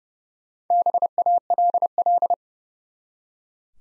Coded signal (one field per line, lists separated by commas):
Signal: Morse code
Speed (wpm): 30 wpm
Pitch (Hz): 700 Hz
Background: none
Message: BALL